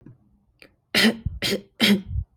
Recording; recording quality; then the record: shallow voluntary cough; excellent, no background noise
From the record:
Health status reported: healthy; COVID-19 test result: negative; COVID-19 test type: RT-PCR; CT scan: not taken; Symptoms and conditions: none ticked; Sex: female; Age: 22 years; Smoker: no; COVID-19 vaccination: both doses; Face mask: not worn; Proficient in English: yes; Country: United States